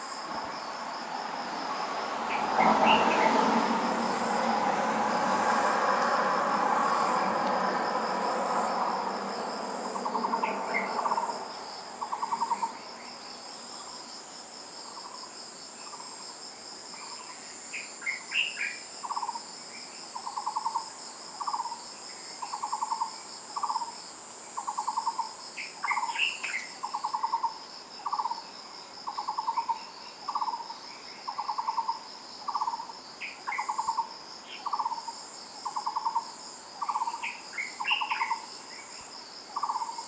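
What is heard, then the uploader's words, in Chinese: Early-morning birdsong outside a window: one bird repeats a short, even note about once a second while others add scattered higher chirps. Steady high insect buzzing runs throughout, and a vehicle passes with a soft rushing sound in the first ten seconds. 鳥鳴、昆蟲、車輛。地點：佛光大學。設備：Tascam DR-40x。連日的梅雨暫歇，清晨窗外鳥鳴啁啾。清晨鳥語。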